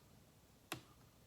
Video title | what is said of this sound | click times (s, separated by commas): R&R Onewheel motor/wheel | till you hear it pop. | 0.7 s